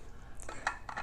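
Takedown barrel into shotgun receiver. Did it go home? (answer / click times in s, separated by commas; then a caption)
no / none. During reassembly of a Winchester 1897 pump-action trench gun, the takedown barrel is handled and turned on its interrupted thread toward the receiver. Short metallic handling taps and scrapes are heard around 0.4, 0.7 and 0.9 seconds. Nothing has seated or locked into place yet.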